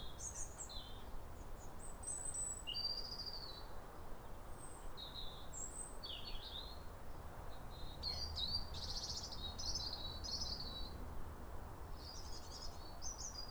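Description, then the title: European robin song, many high, thin, warbled phrases with quick pauses, including a burst of rich trills toward the end, over a low rumble. Pair of robins in neighbouring gardens duetting with wistful phrases at a clear, calm, rosy New Year sunrise in winter, after weeks of rain. "Sound Escape 150: Be uplifted by a chorus of New Year's robins"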